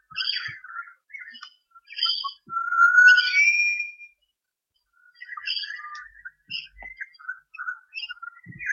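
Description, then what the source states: Birds singing a varied mix of clear whistled notes and short chirps, some sliding upward, with a brief pause in the middle before the chirping resumes. Recorded in Armidale in 2013.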